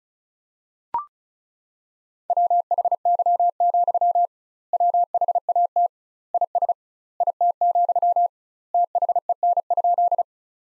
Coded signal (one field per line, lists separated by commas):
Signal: Morse code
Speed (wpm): 34 wpm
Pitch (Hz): 700 Hz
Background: none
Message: WHY, WHAT IS IT, THEN?